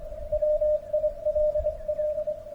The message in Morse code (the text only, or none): WILL